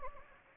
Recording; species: mosquito wingbeat signal from an infrared sensor; Anopheles gambiae